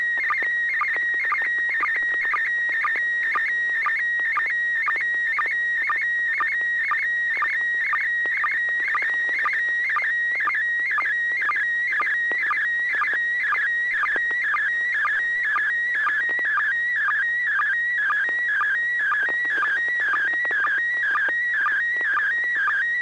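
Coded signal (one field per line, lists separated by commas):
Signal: SSTV (slow-scan television)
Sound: warbling, shifting whistle tone with steady rhythmic chirps about twice a second throughout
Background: FM radio hiss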